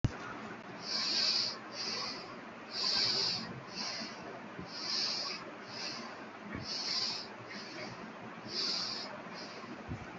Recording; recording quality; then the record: deep breathing; excellent, no background noise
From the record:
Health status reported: healthy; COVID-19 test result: negative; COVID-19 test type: RT-PCR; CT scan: not taken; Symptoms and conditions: none ticked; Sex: female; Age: 23 years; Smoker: no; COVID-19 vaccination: one dose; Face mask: worn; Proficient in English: yes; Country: India